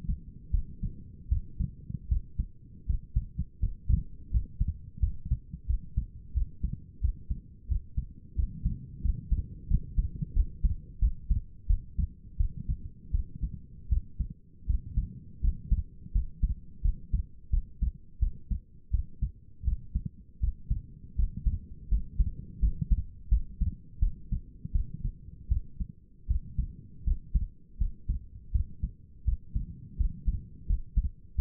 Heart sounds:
heart sounds by stethoscope; 84 bpm
0.51 s: heartbeat
1.29 s: heartbeat
2.09 s: heartbeat
2.86 s: heartbeat
3.60 s: heartbeat
4.31 s: heartbeat
5.00 s: heartbeat
5.67 s: heartbeat
6.34 s: heartbeat
7.01 s: heartbeat
7.68 s: heartbeat
8.36 s: heartbeat
9.02 s: heartbeat
9.68 s: heartbeat
10.34 s: heartbeat
10.99 s: heartbeat
11.67 s: heartbeat
12.38 s: heartbeat
13.12 s: heartbeat
13.89 s: heartbeat
14.67 s: heartbeat
15.41 s: heartbeat
16.12 s: heartbeat
16.82 s: heartbeat
17.50 s: heartbeat
18.20 s: heartbeat
18.91 s: heartbeat
19.64 s: heartbeat
20.40 s: heartbeat
21.16 s: heartbeat
21.89 s: heartbeat
22.60 s: heartbeat
23.29 s: heartbeat
24.00 s: heartbeat
24.73 s: heartbeat
25.49 s: heartbeat
26.27 s: heartbeat
27.04 s: heartbeat
27.78 s: heartbeat
28.52 s: heartbeat
29.25 s: heartbeat
29.97 s: heartbeat
30.67 s: heartbeat
31.36 s: heartbeat
From the record:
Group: healthy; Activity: rest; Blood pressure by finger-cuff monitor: 130/83 mmHg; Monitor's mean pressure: 98 mmHg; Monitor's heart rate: 83 bpm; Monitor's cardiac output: 6.1 L/min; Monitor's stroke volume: 73 mL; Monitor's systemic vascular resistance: 1190 dyn s/cm5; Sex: female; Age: 37 years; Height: 168 cm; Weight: 70 kg

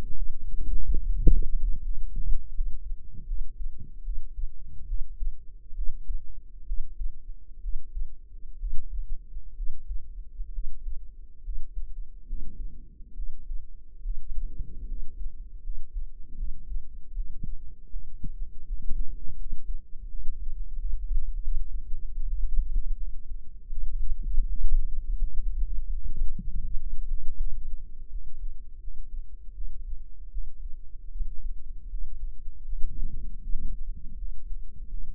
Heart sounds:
heart sounds by microphone in the right ear; 76 bpm
0.13 s: heartbeat
1.01 s: heartbeat
1.80 s: heartbeat
2.51 s: heartbeat
3.24 s: heartbeat
4.02 s: heartbeat
4.85 s: heartbeat
5.73 s: heartbeat
6.64 s: heartbeat
7.59 s: heartbeat
8.56 s: heartbeat
9.53 s: heartbeat
10.50 s: heartbeat
11.41 s: heartbeat
12.24 s: heartbeat
13.13 s: heartbeat
14.00 s: heartbeat
14.85 s: heartbeat
15.61 s: heartbeat
16.34 s: heartbeat
17.11 s: heartbeat
17.87 s: heartbeat
18.64 s: heartbeat
19.35 s: heartbeat
20.06 s: heartbeat
20.78 s: heartbeat
21.52 s: heartbeat
22.25 s: heartbeat
22.95 s: heartbeat
23.68 s: heartbeat
24.44 s: heartbeat
25.18 s: heartbeat
25.89 s: heartbeat
26.63 s: heartbeat
27.37 s: heartbeat
28.08 s: heartbeat
28.78 s: heartbeat
29.52 s: heartbeat
30.29 s: heartbeat
31.10 s: heartbeat
31.87 s: heartbeat
32.63 s: heartbeat
33.40 s: heartbeat
34.15 s: heartbeat
34.87 s: heartbeat
From the record:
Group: healthy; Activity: Valsalva maneuver 0-8 s, rest 8-35 s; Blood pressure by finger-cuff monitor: 96/66 mmHg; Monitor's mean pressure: 76 mmHg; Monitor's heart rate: 79 bpm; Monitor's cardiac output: 5.5 L/min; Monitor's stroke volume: 74 mL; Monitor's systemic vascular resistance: 950 dyn s/cm5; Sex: female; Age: 22 years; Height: 160 cm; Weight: 45 kg

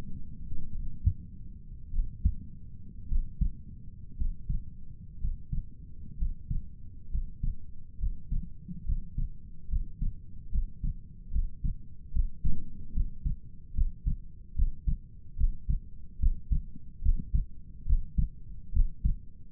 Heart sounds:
heart sounds by stethoscope; 67 bpm
0.73 s: heartbeat
1.93 s: heartbeat
3.10 s: heartbeat
4.18 s: heartbeat
5.20 s: heartbeat
6.18 s: heartbeat
7.10 s: heartbeat
7.99 s: heartbeat
8.85 s: heartbeat
9.69 s: heartbeat
10.51 s: heartbeat
11.32 s: heartbeat
12.12 s: heartbeat
12.93 s: heartbeat
13.75 s: heartbeat
14.55 s: heartbeat
15.37 s: heartbeat
16.20 s: heartbeat
17.02 s: heartbeat
17.86 s: heartbeat
18.73 s: heartbeat
From the record:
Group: healthy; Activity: breath hold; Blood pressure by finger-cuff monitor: 84/57 mmHg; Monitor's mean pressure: 66 mmHg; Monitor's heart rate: 71 bpm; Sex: male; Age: 22 years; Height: 181 cm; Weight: 79 kg

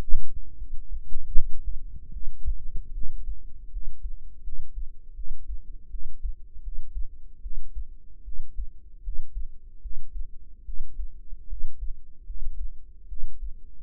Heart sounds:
heart sounds by microphone in the right ear; 77 bpm
0.58 s: heartbeat
1.34 s: heartbeat
2.12 s: heartbeat
2.93 s: heartbeat
3.71 s: heartbeat
4.43 s: heartbeat
5.15 s: heartbeat
5.90 s: heartbeat
6.62 s: heartbeat
7.42 s: heartbeat
8.23 s: heartbeat
9.03 s: heartbeat
9.81 s: heartbeat
10.64 s: heartbeat
11.48 s: heartbeat
12.25 s: heartbeat
13.08 s: heartbeat
From the record:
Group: healthy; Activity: rest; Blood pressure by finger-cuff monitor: 102/55 mmHg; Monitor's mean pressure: 70 mmHg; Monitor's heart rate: 75 bpm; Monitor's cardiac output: 7.5 L/min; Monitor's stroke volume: 99 mL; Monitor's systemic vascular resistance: 670 dyn s/cm5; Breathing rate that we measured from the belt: 23 breaths a minute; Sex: female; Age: 19 years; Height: 163 cm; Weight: 48.9 kg

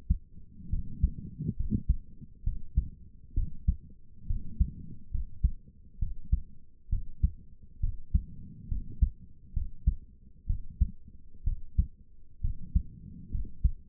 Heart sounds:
heart sounds by stethoscope; 67 bpm
0.69 s: heartbeat
1.56 s: heartbeat
2.43 s: heartbeat
3.34 s: heartbeat
4.26 s: heartbeat
5.11 s: heartbeat
5.99 s: heartbeat
6.89 s: heartbeat
7.80 s: heartbeat
8.68 s: heartbeat
9.53 s: heartbeat
10.46 s: heartbeat
11.43 s: heartbeat
12.41 s: heartbeat
13.31 s: heartbeat
From the record:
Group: healthy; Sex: female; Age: 22 years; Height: 154 cm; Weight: 58.7 kg

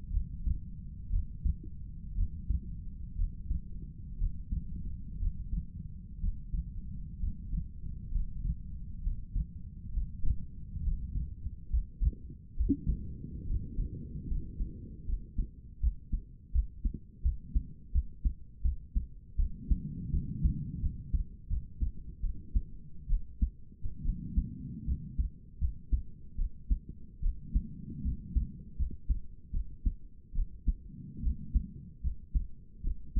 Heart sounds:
heart sounds by stethoscope; 72 bpm
0.12 s: heartbeat
1.11 s: heartbeat
2.16 s: heartbeat
3.16 s: heartbeat
4.18 s: heartbeat
5.20 s: heartbeat
6.21 s: heartbeat
7.20 s: heartbeat
8.12 s: heartbeat
9.03 s: heartbeat
9.93 s: heartbeat
10.83 s: heartbeat
11.70 s: heartbeat
12.56 s: heartbeat
13.46 s: heartbeat
14.28 s: heartbeat
15.06 s: heartbeat
15.80 s: heartbeat
16.52 s: heartbeat
17.23 s: heartbeat
17.92 s: heartbeat
18.63 s: heartbeat
19.37 s: heartbeat
20.11 s: heartbeat
20.81 s: heartbeat
21.49 s: heartbeat
22.22 s: heartbeat
23.08 s: heartbeat
24.04 s: heartbeat
24.86 s: heartbeat
25.60 s: heartbeat
26.37 s: heartbeat
27.22 s: heartbeat
28.03 s: heartbeat
28.77 s: heartbeat
29.52 s: heartbeat
30.34 s: heartbeat
31.22 s: heartbeat
32.02 s: heartbeat
32.83 s: heartbeat
From the record:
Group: healthy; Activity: Valsalva maneuver 0-12 s, rest 12-33 s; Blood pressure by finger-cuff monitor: 84/55 mmHg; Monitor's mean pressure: 66 mmHg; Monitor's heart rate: 71 bpm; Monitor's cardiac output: 6 L/min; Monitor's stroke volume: 78 mL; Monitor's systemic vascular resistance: 720 dyn s/cm5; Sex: female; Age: 22 years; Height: 163 cm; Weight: 67.1 kg

